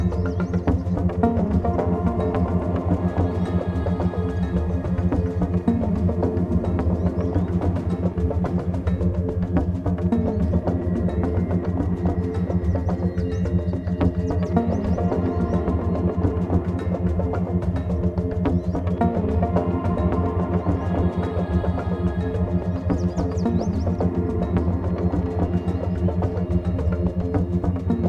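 A dense, unbroken frog chorus fills the marsh, with countless overlapping calls merging into a steady throbbing drone. Rapid pulsing clicks run throughout, the sound staying low to mid in pitch and constant in loudness, with no pauses or standout events.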